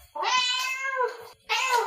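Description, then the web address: Cat meowing twice, a long bright meow that falls slightly at its end, then a second meow after a brief pause. "Fun Byte Whisker meow"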